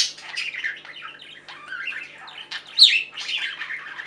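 Budgerigar chattering with a continuous stream of scratchy warbling notes and one loud shrill squawk near the three-second mark.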